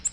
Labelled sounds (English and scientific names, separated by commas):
Nashville Warbler (Leiothlypis ruficapilla) flight call